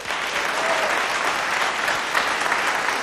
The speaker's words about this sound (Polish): Poproszę o oklaski.